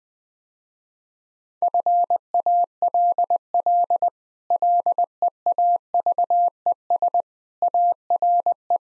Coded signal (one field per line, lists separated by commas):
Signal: Morse code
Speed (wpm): 20 wpm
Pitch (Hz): 700 Hz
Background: none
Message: FALL LEAVES ARE